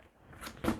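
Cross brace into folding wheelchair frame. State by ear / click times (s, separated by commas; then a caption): seated / 0.3 s, 0.6 s. The metal X-shaped cross brace of a folding-frame TiLite Aero X wheelchair is unfolded until it locks in the open position. Two small, sharp clicks are heard at 0.3 s and 0.6 s as the brace locks into place, with louder rustling toward the end.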